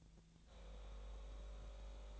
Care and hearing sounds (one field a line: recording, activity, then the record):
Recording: daily activity, microphone in the room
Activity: make coffee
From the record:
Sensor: 3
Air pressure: 1009.4 hPa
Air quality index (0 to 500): 198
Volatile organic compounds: 17 ppm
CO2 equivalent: 2570 ppm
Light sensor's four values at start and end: 33/82/35/37 and 33/82/35/37